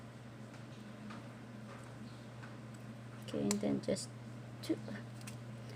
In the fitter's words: you hear that click it means your jump ring is closed oops